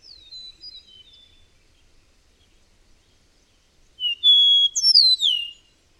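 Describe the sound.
Bird: faint high chirping notes, then after a pause a bird sings loudly: a clear whistle followed by rapid cascading downward slurs.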